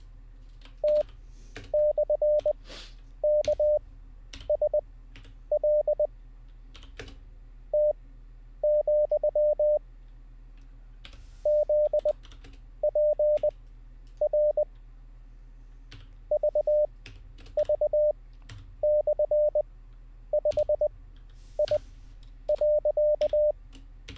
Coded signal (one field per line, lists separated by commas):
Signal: Morse code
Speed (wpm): 20 wpm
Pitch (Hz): 600 Hz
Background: none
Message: T/KSL T, ZPR VV/5I.